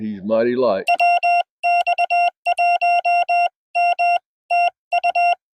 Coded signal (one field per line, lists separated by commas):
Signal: Morse code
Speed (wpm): 21 wpm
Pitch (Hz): 700 Hz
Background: speech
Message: WX1M TU